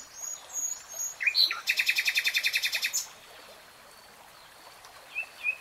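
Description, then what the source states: Nightingale song: a few scattered notes, then a fast rattling trill of many repeated pulses, followed by quiet and two soft high notes. Nightingale singing, in real time.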